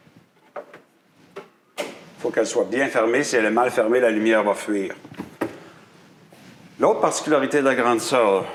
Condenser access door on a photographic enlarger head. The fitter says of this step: Il y a un petit clic pour cette porte-là.